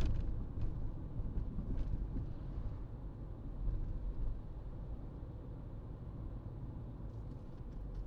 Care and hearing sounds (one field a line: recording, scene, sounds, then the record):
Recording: everyday scene through a hearing-aid microphone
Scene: in a vehicle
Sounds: engine, highway driving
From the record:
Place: Berlingo II, diesel engine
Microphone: in the ear canal, right